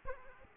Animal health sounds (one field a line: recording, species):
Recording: mosquito wingbeat signal from an infrared sensor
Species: Aedes aegypti